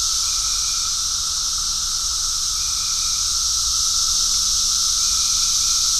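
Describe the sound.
Cicada buzzing holds level and continuous at a high pitch, with occasional faint chirps and a soft low hum.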